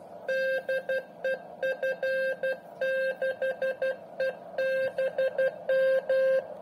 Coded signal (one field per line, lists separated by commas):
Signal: Morse code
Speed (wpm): 12 wpm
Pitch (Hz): 530 Hz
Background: none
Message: DE F6EBM